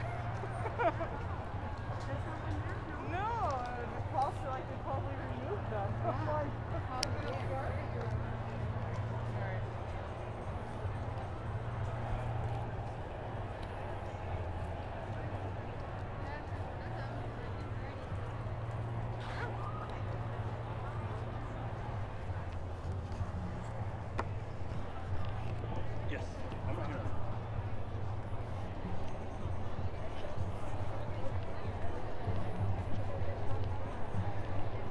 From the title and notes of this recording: Protest Ambience. The sounds of the streets during yesterday’s march/protest.